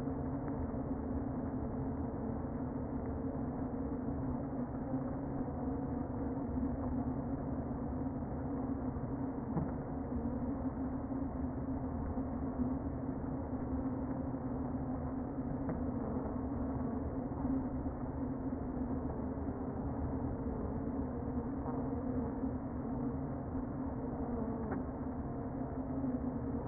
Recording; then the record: honeybee colony, microphone inside the hive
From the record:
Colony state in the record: queen present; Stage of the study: before two queens were removed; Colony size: about 60,000 bees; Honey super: yes